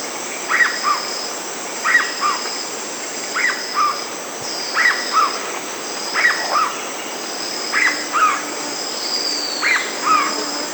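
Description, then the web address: Black-bellied cuckoo calling, a two-part note dropping from a higher to a lower pitch, repeated about every one and a half seconds over a steady high insect drone. Recorded in South America. "Natures Songs S America Black-bellied Cuckoo"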